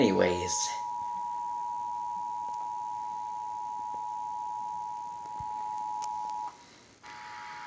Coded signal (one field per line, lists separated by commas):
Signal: Emergency Alert System (SAME) tones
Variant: 853 and 960 Hz attention tone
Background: speech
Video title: Texas EAS Required Monthly Test October 2017